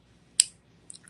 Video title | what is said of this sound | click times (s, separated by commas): Colors of Apatite with Lauren Masters | So, you want to hear that click | 0.4 s